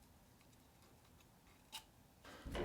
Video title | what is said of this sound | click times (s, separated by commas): Sport Quad V3 Frame Kit Instructions | and as you see these just snap right in | 2.2 s, 2.5 s